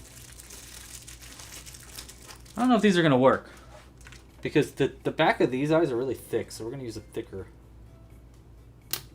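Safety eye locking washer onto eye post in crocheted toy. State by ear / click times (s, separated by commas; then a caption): seated / 8.9 s. A thicker plastic locking washer is pushed onto the post of a safety eye in a crocheted amigurumi toy, chosen because the eye backs are thick. Someone talks over quiet handling sounds, then a sharp click at 8.9 s marks the washer seating and locking the eye in place.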